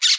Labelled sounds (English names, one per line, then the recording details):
Brown-throated Parakeet contact call
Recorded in Aruba
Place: Cunucu Arikok, S side of Ceru Arikok
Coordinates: 12.502, -69.950